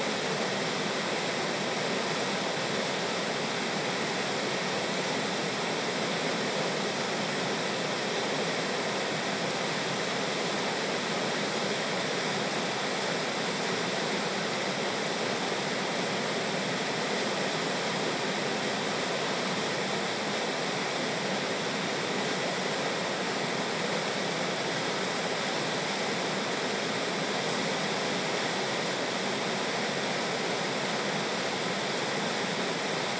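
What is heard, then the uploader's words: A river rushes steadily past, its dense, even hiss of moving water unbroken for the whole half minute. The sound is full, strongest in the bright upper range with little low rumble, and no separate events stand out. A sixty second recording of the Clark Fork River in downtown Missoula, Montana.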